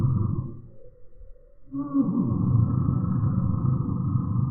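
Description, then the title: Eurasian bullfinch threat call slowed down, a deep rumbling growl that fades briefly near the middle, then returns as a steady low roar. Male threatening at a feeding station while perched on the recordist's hand held out a window; other birds wait until bullfinches leave; 8x slow motion, smartphone. "Gimpel channelt seinen inneren Tyrannosaurus Rex (8-fache Zeitlupe)"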